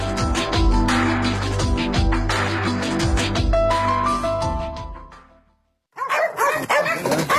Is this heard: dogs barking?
yes